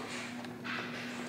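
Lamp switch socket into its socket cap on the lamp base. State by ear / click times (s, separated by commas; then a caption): not seated / none. While a lamp is being rewired, the new switch socket is pushed by hand into its socket cap on the lamp base, giving soft handling and rubbing noise over a steady low hum. The socket has not seated or clicked into the cap yet.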